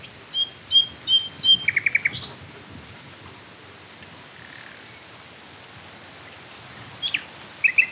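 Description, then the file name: Common nightingale song: a run of clear high whistles and a quick rattling burst, a long quiet pause, then a slurred note and a few sharp chirps. "Luscinia megarhynchos"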